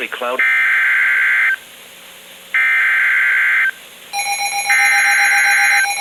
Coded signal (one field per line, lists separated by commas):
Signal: Emergency Alert System (SAME) tones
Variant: header bursts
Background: speech